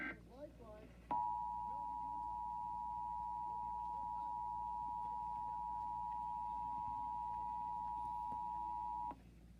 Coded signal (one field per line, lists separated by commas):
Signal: Emergency Alert System (SAME) tones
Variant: 853 and 960 Hz attention tone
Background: speech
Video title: National EAS Test (WABC)